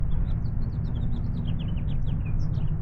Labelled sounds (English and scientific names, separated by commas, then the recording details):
House Finch (Haemorhous mexicanus) song
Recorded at Neponsit on Long Island, New York, on 4 June 1975
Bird B